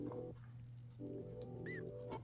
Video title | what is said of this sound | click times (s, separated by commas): Ender 3 V3 SE Firmware Update 2026 Guide - No Errors! | All right, heard that click. | 1.4 s